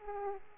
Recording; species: mosquito wingbeat signal from an infrared sensor; Aedes aegypti